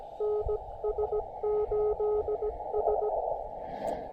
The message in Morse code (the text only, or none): NS8S